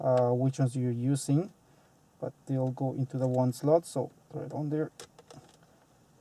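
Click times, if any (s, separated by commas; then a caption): none. Someone talks while handling the main audio-video harness plug for the one matching slot on the back of an aftermarket head unit going into a VW Golf. Two short, quiet ticks come at about 5.2 and 5.3 seconds, but the clip ends before the plug goes home, and nothing has seated or clicked yet.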